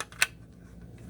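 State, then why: Not seated. A plastic clip is handled on the wall dock of a Dyson V16 Piston Animal vacuum, where it is meant to snap into place and hold the vacuum. A few short, sharp plastic ticks are heard, the loudest near 0.2 s, followed by quiet room tone. Nothing has seated or clicked into place yet.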